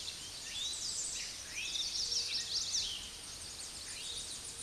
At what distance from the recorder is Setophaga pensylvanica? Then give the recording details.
about 35 m. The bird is about 5 m above the microphone. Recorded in a Pennsylvania forest on 16 May 2024 at 06:05. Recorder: AudioMoth, point MSD-2367. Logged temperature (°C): 16.0 °C. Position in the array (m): 172 m, 221 m